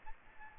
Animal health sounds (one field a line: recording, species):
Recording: mosquito wingbeat signal from an infrared sensor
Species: Aedes albopictus